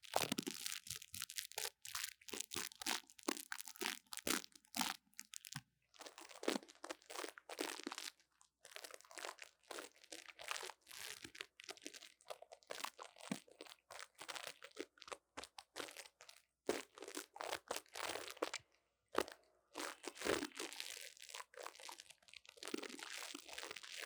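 Scratching and tapping on a mini mic, dense crackly crunching bursts throughout, with a low hum early and brief pauses near 6 and 19 seconds.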